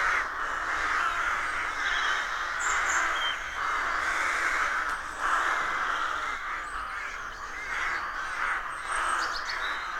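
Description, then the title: Rook colony calling nonstop, many raucous caws blending into a steady harsh din with occasional thin high chirps. Rook colony of more than 300 birds nesting in a dozen roadside trees, rural County Armagh, early spring; pairs greeting, squabbling with neighbours as first chicks hatch. "Sound Escape 113. the stirring cacophony of a rook colony"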